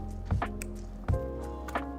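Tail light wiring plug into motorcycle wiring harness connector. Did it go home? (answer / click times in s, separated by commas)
yes / 0.6 s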